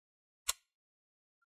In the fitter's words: and then bring it down towards the motherboard and you're going to hear these two clicks